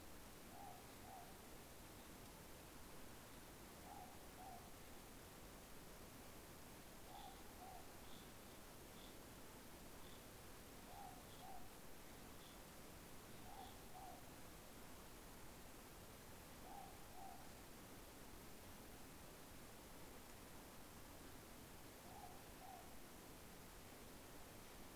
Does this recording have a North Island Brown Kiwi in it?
no